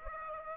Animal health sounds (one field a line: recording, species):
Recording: mosquito wingbeat signal from an infrared sensor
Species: Aedes aegypti